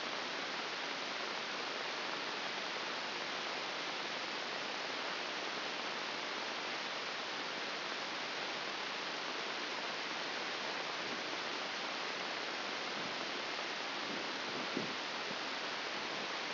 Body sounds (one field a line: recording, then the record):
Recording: brain microelectrode recording played as sound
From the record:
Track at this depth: outside the subthalamic nucleus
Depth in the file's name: 4.898 mm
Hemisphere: left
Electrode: 2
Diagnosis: Parkinson's disease